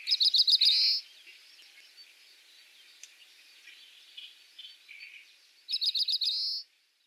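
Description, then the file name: Oriental greenfinch twittering calls: a rapid string of bright notes closing in a rising nasal buzz, given twice about five seconds apart, with faint chirps from other birds between. Recorded in Saitama, Japan, on 6 June 2021. "kawarahiwa 210606 saitama oi"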